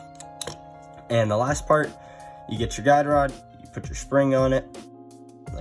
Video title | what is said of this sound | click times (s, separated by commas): Tokyo Marui Hi Capa Disassembly and Assembly (4K) | and then just turn it and give it a little force should click in place and then you slide it back and forth | 0.4 s